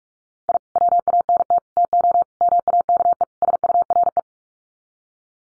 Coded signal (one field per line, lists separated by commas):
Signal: Morse code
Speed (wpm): 44 wpm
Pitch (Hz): 700 Hz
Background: none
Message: I WANT TO MAKE SURE